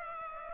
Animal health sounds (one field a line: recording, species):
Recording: mosquito wingbeat signal from an infrared sensor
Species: Culex pipiens